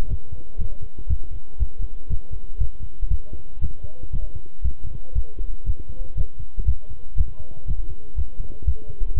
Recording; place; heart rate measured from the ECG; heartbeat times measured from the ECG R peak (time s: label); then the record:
heart sounds by stethoscope; between the tricuspid and mitral areas; 119 bpm
0.10 s: heartbeat
0.59 s: heartbeat
1.09 s: heartbeat
1.59 s: heartbeat
2.10 s: heartbeat
2.60 s: heartbeat
3.10 s: heartbeat
3.61 s: heartbeat
4.13 s: heartbeat
4.64 s: heartbeat
5.15 s: heartbeat
5.66 s: heartbeat
6.17 s: heartbeat
6.67 s: heartbeat
7.17 s: heartbeat
7.67 s: heartbeat
8.17 s: heartbeat
8.67 s: heartbeat
9.16 s: heartbeat
From the record:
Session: walking at 3.7 km/h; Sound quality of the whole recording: good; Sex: male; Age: 25 years